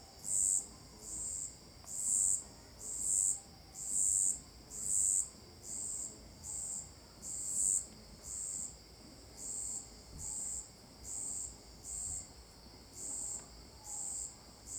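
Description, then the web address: Cricket chirping in steady high pulses about once a second, louder and sharper early on, then softer and more even. Marked, rhythmic calls; recorded at Alto Paraíso de Goiás, Brazil. "Cigarras e grilos marcados e ritmicos. local alto-paraiso-de-goias"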